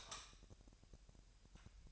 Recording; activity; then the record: daily activity, microphone in the room; light off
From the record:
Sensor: 2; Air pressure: 1001.7 hPa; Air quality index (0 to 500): 240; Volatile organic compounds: 31 ppm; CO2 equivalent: 2972 ppm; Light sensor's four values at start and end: 9/26/10/10 and 4/10/4/4